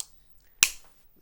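An adjustment torque wrench turns the shaft sleeve screw of a TaylorMade M2 2017 driver head clockwise to tighten it. It gives one loud, sharp click at 0.6 s when it reaches its torque limit, showing the sleeve is locked in place and preventing over-tightening.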